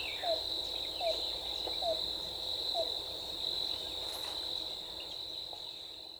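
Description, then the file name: Yellow-billed cuckoo uttering four quick hooked notes roughly every second, then falling quiet while a steady high insect drone continues. Recorded 14 April 2018. "2018-04-14 YBCU"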